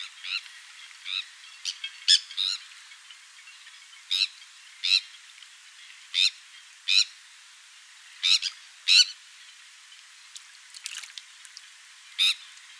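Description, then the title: Sandwich tern's rasping, scratchy calls come in irregular bursts, some quick doubles, with fainter calls scattered between the louder ones. "Sylvain Jaskowiak - Mes piafs. Sternes Caugek"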